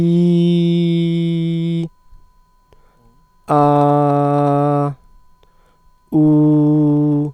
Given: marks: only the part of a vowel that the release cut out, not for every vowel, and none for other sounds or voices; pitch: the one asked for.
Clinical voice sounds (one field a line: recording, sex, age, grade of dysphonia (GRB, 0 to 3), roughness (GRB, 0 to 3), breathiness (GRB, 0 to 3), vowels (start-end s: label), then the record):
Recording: sustained vowels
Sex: male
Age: 30 to 39 years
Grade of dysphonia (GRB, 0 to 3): 0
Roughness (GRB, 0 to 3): 0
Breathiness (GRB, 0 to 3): 0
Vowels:
0.00-1.76 s: vowel /i/, normal pitch
3.56-4.80 s: vowel /a/, normal pitch
6.20-7.19 s: vowel /u/, normal pitch
From the record:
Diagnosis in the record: healthy voice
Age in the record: 32 years